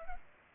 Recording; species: mosquito wingbeat signal from an infrared sensor; Culex pipiens